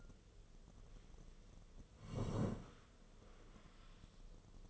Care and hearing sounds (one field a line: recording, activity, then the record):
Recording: daily activity, microphone in the room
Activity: sit down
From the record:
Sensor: 4